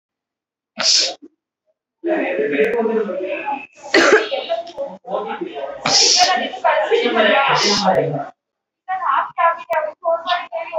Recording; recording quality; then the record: sustained vowel as in boot; poor, much background noise or distortion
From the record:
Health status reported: recovered from COVID-19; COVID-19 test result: positive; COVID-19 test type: RT-PCR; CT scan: not taken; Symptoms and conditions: cough, cold, sore throat, fever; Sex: female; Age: 31 years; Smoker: no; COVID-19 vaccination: both doses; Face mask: worn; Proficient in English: yes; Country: India